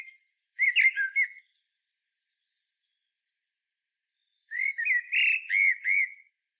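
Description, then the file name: Common blackbird singing two short warbled phrases of mellow, slurred whistles, separated by about three seconds of silence. "Turdus merula"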